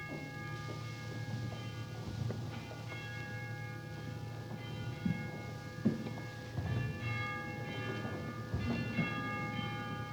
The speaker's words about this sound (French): Écoute, mais... Qu'est-ce qu'il est en train de sonner les cloches en plein milieu de la semaine?